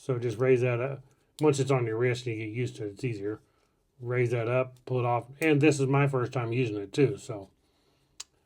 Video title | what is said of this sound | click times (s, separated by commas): Bandletic Fidlock Neo 2 0 Magnetic Watch Band - Apple Watch | you get that close, like I said, boom, it just clicks right into place. | 8.2 s